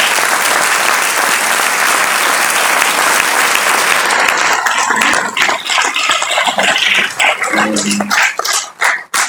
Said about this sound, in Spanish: Y por eso yo creo que Ulises merece un aplauso acá, porque él es...